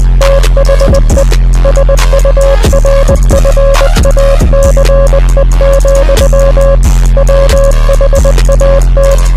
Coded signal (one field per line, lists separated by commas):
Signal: Morse code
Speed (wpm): 20 wpm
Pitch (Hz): 550 Hz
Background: music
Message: THE SURFACE, WHAT